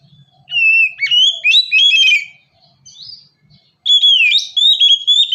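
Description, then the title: Oriental magpie-robin song: loud, varied whistled phrases with sliding and warbled notes in two bursts separated by a short pause, plus a faint low hum early on. "kacer"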